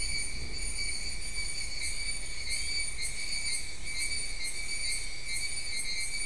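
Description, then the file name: High insect chirps in a dense, continuous chorus, pulsing gently, with low-level rumbling noise underneath. "mainly insect"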